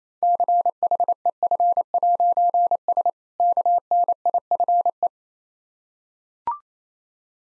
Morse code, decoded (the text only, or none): CHEF'S KNIFE